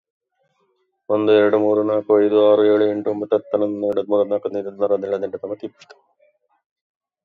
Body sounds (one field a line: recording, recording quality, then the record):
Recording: counting at a fast pace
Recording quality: moderate, slight background noise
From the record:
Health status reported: recovered from COVID-19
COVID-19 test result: positive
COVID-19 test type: RT-PCR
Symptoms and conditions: hypertension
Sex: male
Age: 54 years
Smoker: yes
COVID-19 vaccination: both doses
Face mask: worn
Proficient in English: yes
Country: India